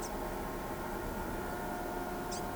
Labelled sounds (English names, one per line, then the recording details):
Blue-gray Tanager
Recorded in pastures near Pivijay, Magdalena, Colombia, on 18 April 2023 at 11:00
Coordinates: 10.456, -74.369
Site P6-G026